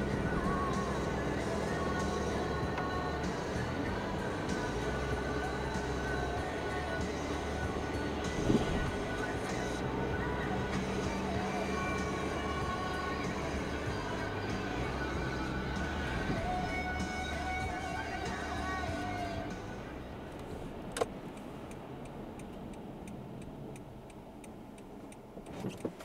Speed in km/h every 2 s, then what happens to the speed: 50, 49, 46, 43, 43, 44, 42, 36, 30, 29, 26, 15, 0.
0-24 slows to 0.